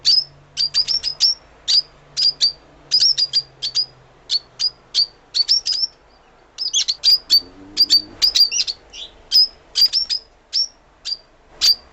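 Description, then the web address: Fischer's lovebird calls: sharp, high, clipped chirps repeated irregularly, often in pairs or quick clusters. "golosa ptic kak poyut popugai nerazlucniki agapornis. parrots agapornis-fischeri"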